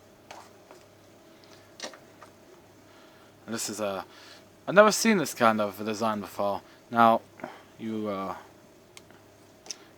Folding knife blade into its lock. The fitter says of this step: it's locked into place you have to depress this little lever right here